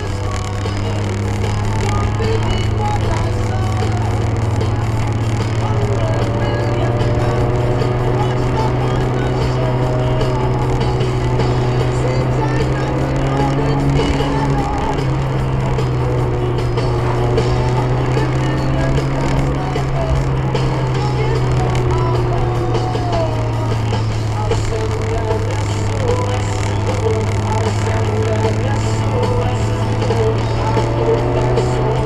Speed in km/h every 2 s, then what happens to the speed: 56, 58, 61, 64, 63, 69, 68, 62, 70, 65, 58, 52, 53, 56, 62, 64.
0-10 speeds up to 69. 10-13 slows to 62. 17-22 brakes to 52. 22-32 speeds up to 64.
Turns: none.